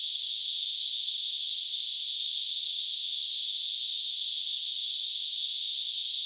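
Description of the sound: A steady, unbroken high-pitched hiss, a band of noise centred around 3–4 kHz, holds at constant loudness for about six seconds. It is a simulated tinnitus sound, the kind of phantom hissing or ringing a person with tinnitus may perceive.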